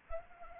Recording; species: mosquito wingbeat signal from an infrared sensor; Anopheles arabiensis